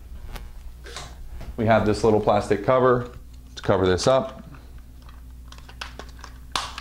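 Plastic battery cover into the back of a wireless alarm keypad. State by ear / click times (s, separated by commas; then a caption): seated / 6.6 s. A small plastic battery cover is pressed over the battery compartment on the back of a Honeywell 5828V wireless alarm keypad while someone talks. After the talking, a few light clicks and taps lead to a sharp snap at 6.6 s as the cover seats into place.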